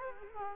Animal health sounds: mosquito wingbeat signal from an infrared sensor; Culex quinquefasciatus

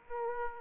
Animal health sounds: mosquito wingbeat signal from an infrared sensor; Aedes aegypti

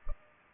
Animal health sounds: mosquito wingbeat signal from an infrared sensor; Culex pipiens

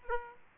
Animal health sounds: mosquito wingbeat signal from an infrared sensor; Aedes aegypti

